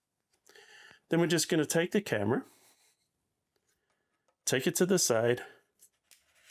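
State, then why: Not seated. A camera on its base plate is handled and brought sideways toward the quick-release clamp of a DJI RS5 gimbal while someone talks, with a few faint handling taps around 0.5 s and 6.1 s. The plate has not yet seated or clicked into the clamp by the end.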